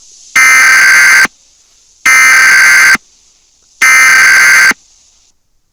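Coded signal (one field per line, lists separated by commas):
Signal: Emergency Alert System (SAME) tones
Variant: header bursts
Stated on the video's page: Fictional heat wave alert scenario.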